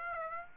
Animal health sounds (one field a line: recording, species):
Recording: mosquito wingbeat signal from an infrared sensor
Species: Aedes aegypti